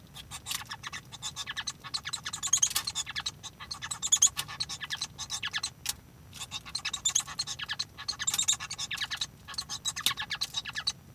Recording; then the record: song of a male Bengalese finch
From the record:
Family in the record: son of father 1